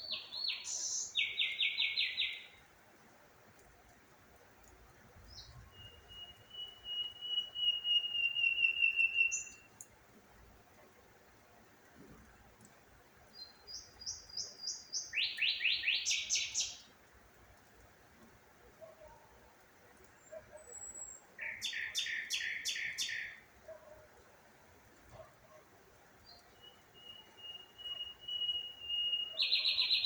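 Clear birdsong in short bright phrases every few seconds, with buzzy trills and sharp chirps over near silence and faint low rumble.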